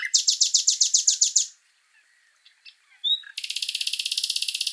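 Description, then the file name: Common nightingale song: a quick series of loud repeated chirps, soft scattered notes, a sharp whistle, then a steady high rapid trill. "Luscinia megarhynchos"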